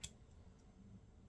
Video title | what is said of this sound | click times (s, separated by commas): Simple Bit Driver Mods - No disassembly - DIY - 4K | So, snaps right into there. | 0.0 s